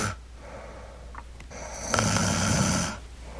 She starts out fairly low-key and rhythmic. The rhythmic sort of light snoring is not dangerous.